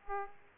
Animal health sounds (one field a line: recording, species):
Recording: mosquito wingbeat signal from an infrared sensor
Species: Aedes aegypti